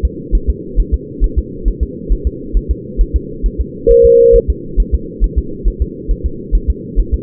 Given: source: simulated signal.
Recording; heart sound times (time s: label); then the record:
fetal heart sounds
0.05 s: S2
0.35 s: S1
0.50 s: S2
0.80 s: S1
0.94 s: S2
1.24 s: S1
1.38 s: S2
1.68 s: S1
1.83 s: S2
2.12 s: S1
2.27 s: S2
2.57 s: S1
2.71 s: S2
3.01 s: S1
3.16 s: S2
3.46 s: S1
3.61 s: S2
3.91 s: S1
4.06 s: S2
4.36 s: S1
4.50 s: S2
4.80 s: S1
4.94 s: S2
5.24 s: S1
5.38 s: S2
5.68 s: S1
5.82 s: S2
6.11 s: S1
6.26 s: S2
6.55 s: S1
6.70 s: S2
7.00 s: S1
7.14 s: S2
From the record:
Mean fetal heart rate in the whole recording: 135 bpm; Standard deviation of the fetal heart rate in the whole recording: 3 bpm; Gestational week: 36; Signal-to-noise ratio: -4.3 dB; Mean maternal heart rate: 72 bpm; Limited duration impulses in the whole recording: present